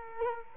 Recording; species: mosquito wingbeat signal from an infrared sensor; Culex quinquefasciatus